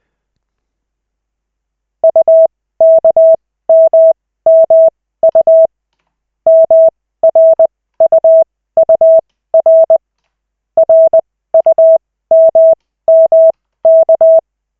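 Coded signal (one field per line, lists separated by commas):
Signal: Morse code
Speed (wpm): 20 wpm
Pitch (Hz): 650 Hz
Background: none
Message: UKMMU MRUUR RUMMK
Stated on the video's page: Koch method Morse practice session, lesson 3 of 40, five minutes, generated by the LCWO.net website.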